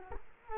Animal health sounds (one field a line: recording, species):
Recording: mosquito wingbeat signal from an infrared sensor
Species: Culex quinquefasciatus